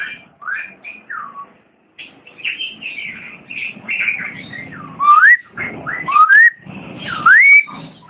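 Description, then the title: Long-tailed shrike song: a few whistled notes, then quieter scratchy warbling, then a few louder whistled upslurs near the end. "Kicau Burung Pentet"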